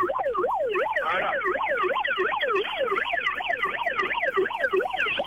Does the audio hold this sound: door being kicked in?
no